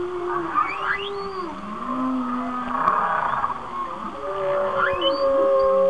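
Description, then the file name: Whale song with a wavy low moan dipping and rising, quick upward squeals in bursts, and a sustained higher tone late. "Whale Songs- Mike Mc Donald"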